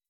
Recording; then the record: hydrophone in a shrimp aquaculture tank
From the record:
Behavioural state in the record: weakened